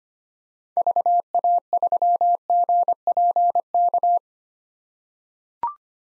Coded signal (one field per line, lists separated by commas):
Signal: Morse code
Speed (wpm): 25 wpm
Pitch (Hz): 700 Hz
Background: none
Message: VA3GPK